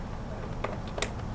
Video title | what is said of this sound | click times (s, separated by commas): 2002 Honda CRV Actuator Part 2 of 2 | I hear it click | 1.0 s